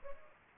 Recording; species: mosquito wingbeat signal from an infrared sensor; Culex pipiens